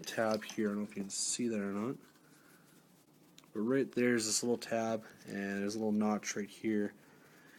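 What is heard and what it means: Someone talks while handling a plastic action figure during its transformation, bringing the shoulder panels down so a small plastic tab on each panel lines up with a notch on the torso. A couple of faint, brief ticks of handling occur around 3.4 s in a quiet pause between the speech. Nothing has clicked or seated yet.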